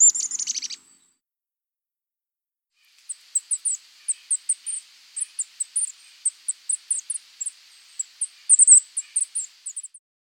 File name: Golden crowned Kinglet